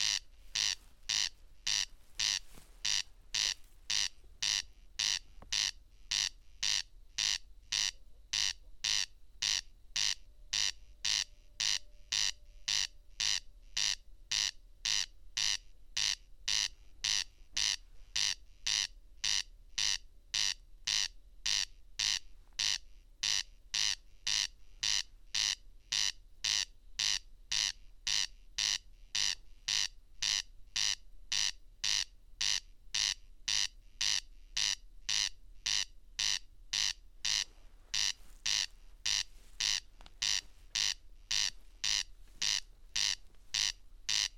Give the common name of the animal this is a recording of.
Corn Crake